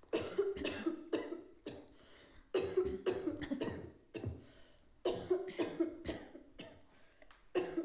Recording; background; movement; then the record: throat clearing; a bystander coughing; sitting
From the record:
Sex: female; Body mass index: 25.5 kg/m2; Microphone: on the chest, facing outward